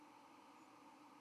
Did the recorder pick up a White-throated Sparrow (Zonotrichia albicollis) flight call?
no